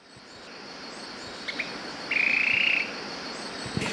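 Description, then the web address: Yellow tyrannulet: one pulsed trill lasting under a second, gently rising, preceded by soft chips, amid constant insect noise. Ecuador. "Natures Songs S America Birds of Ecuador Yellow Tyrannulet"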